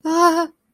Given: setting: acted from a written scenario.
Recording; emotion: vocal sound without words; fear